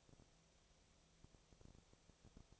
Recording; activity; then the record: daily activity, microphone in the room; no activity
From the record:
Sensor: 1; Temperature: 19.6 degrees Celsius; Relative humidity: 36.5%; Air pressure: 997.1 hPa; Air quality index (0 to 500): 204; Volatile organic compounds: 129 ppm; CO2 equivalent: 3923 ppm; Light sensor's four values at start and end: 1/2/1/1 and 1/2/1/1